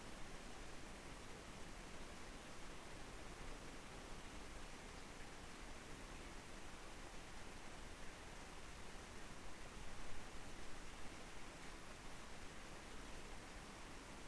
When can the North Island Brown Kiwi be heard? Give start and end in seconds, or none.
none